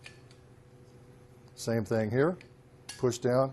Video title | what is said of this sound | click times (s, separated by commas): SaniServ Model 108 Frozen Beverage Machine Training Video | over, and then it locks in place when you turn it. | 0.1 s